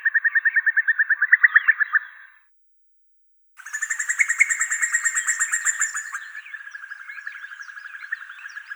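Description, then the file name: Common cuckoo giving rapid bubbling trills, a fast pulsed series of mid-pitched notes in two bursts of about two and five seconds, with a higher buzzy band overlapping the second burst. "Cuculus canorus"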